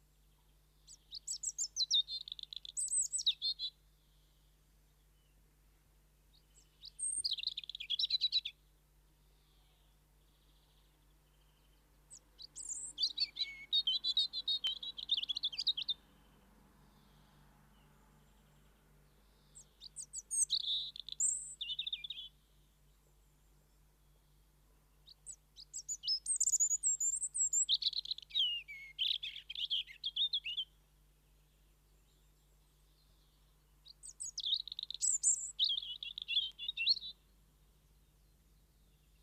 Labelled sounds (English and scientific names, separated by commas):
European Robin (Erithacus rubecula) song